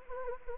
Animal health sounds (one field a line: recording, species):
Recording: mosquito wingbeat signal from an infrared sensor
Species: Anopheles gambiae